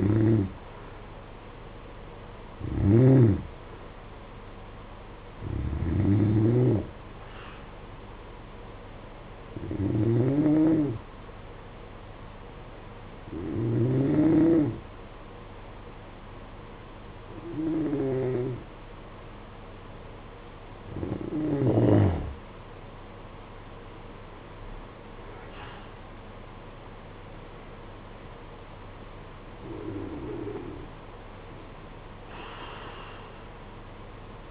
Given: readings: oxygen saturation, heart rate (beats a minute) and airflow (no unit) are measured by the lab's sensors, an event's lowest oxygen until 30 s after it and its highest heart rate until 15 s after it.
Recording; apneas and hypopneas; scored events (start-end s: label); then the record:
breathing in sleep by a voice recorder at the bedside; 1
10.00-26.70 s: hypopnea (N2, oxygen 94% highest, then 91% lowest, heart rate 56 at the start, 59 highest)
From the record:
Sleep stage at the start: N2 (light sleep); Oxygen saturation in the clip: 90 to 94%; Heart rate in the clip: 54 to 59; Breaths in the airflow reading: 10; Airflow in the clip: -10.4 to 9.7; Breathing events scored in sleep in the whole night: 476 in 9.7 hours asleep